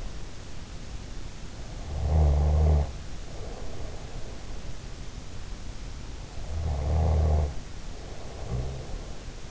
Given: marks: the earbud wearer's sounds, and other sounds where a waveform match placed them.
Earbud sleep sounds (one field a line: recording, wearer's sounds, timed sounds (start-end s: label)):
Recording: sounds in sleep by an in-ear microphone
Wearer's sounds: snoring breath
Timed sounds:
1.69-4.57 s: snoring breath
6.51-9.51 s: snoring breath